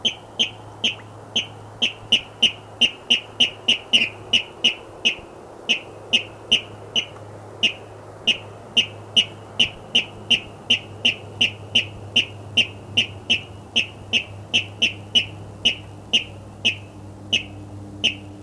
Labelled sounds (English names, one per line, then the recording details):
Water Rail courtship call
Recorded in the wild
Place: Auweiher Wört, Baden-Württemberg, DE
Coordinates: 49.0392, 10.2475
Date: 1968-05-19
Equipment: Uher Report 4000, AKG D190
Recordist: Krey, Winfried